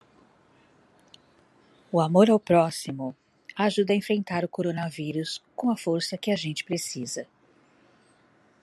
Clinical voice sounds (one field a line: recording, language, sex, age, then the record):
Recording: spoken sentence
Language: Brazilian Portuguese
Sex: female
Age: 50 to 59 years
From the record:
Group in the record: control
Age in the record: 58 years